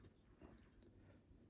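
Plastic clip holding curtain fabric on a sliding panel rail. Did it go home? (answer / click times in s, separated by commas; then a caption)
no / none. Curtain fabric is positioned over a plastic clip on an Ikea sliding curtain panel rail and lined up before snapping, giving only soft, low handling rustles and faint ticks. Nothing has snapped or clicked into place yet.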